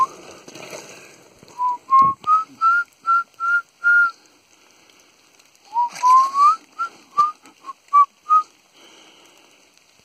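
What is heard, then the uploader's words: Someone whistles a short tune in two phrases, a row of clear rising notes from about 1.5 to 4 seconds and another from 6 to 8.5 seconds. Behind it runs a faint rolling rumble with scattered clatter and a sharp knock near 2 seconds. Whistle skateboarding up along the bobsleigh track. People skateboarding on sarajevo's bobsleigh track.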